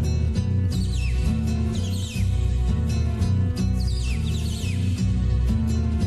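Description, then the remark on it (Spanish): A whistled imitation of a red-crested cardinal's song plays over steady music, with three bursts of quick, high, downward-sliding chirps spaced about a second apart. “Canta el cardenal.”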